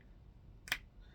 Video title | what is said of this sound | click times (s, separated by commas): Cosmic Legions Kanoxx Vull figure unboxing 4Horsemen Studios. thefrenchspy81 adult collector | There we go. Satisfying snap. | 0.7 s